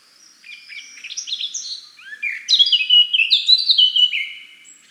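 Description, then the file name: Blackcap song, a quick scratchy warble rising into loud, clear whistled notes in the second half, in clean quiet surroundings. "Sylvia atricapilla"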